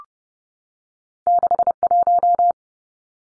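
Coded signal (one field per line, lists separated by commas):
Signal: Morse code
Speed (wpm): 30 wpm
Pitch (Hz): 700 Hz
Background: none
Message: 61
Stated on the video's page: Morse drill of two-digit numbers at 30 wpm for head-copy, each sent, spoken, then sent again.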